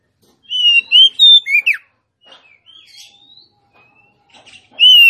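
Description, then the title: Oriental magpie-robin song opening with strong whistled notes and a swooping downward note, then quieter twittering and thin whistles before the loud phrase begins again. Female song, used to lure a male whose singing has stalled into singing and fighting back at once. "Kacer Langsung Tarung Konslet KACER NGOTOT FULL TEMBAKAN. Suara kacer betinamemancing kacer jantan yg macet bunyi"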